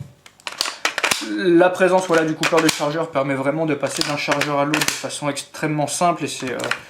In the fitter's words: met on pousse ça rentre ça se verrouille c'est c'est voilà c'est vraiment vraiment sympa